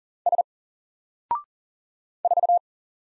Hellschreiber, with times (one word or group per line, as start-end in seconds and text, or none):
none